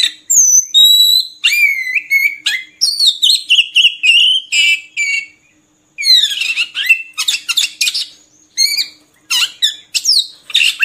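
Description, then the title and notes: Oriental magpie-robin song, loud varied whistles, slurs and buzzy chirps in bursts, with a short silent break midway before the singing resumes. Long-duration magpie-robin singing meant as tutor material for training birds to sing actively day and night. "Kacer Jadi Gacor Siang Malam. Isian Kacer Durasi Panjang"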